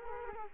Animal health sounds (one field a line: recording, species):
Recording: mosquito wingbeat signal from an infrared sensor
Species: Culex quinquefasciatus